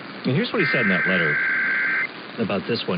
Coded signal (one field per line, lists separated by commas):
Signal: Emergency Alert System (SAME) tones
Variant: header bursts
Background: speech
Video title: Main Hanford Stations is Back From Offline (EAS #20276-20307) 7/9/24